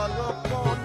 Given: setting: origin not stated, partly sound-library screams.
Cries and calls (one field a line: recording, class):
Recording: one-second piece from a danger detection set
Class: normal situation